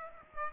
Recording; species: mosquito wingbeat signal from an infrared sensor; Aedes aegypti